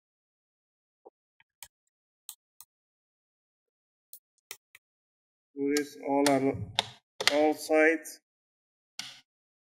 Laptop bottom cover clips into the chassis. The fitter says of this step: going to hear that clicking noise with